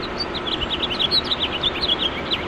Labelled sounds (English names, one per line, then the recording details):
House Finch song
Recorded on Long Island, New York, on 21 March 2012
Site FL
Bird B